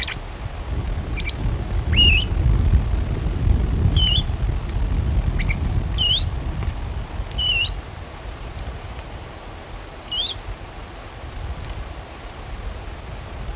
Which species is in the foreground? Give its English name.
Great Grey Shrike